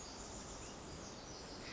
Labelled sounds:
Pacific Wren
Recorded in Sonoma County, California

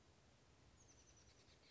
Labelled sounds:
Oak Titmouse
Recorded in Sonoma County, California

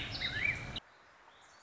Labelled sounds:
Warbling Vireo
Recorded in Sonoma County, California

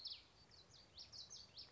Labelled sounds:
Common Yellowthroat
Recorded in Sonoma County, California

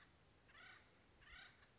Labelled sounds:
Acorn Woodpecker
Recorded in Sonoma County, California

